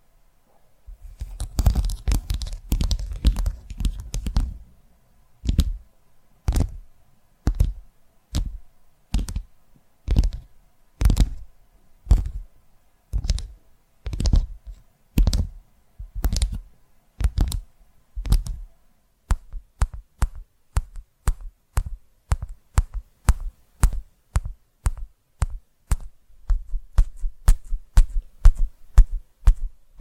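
Tapping sounds in quick, sharp clicks. A dense flurry of taps fills the first few seconds, then settles into a steady rhythm of short bursts about twice per second, each a cluster of crisp knocks with a dull low thump. Near twenty seconds the taps turn lighter and thinner.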